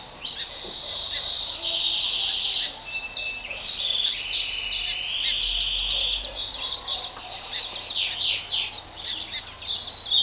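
Double-collared seedeater song, a long, busy stream of high whistles, buzzes and rapid trills in varied phrases, with a faint low hum behind.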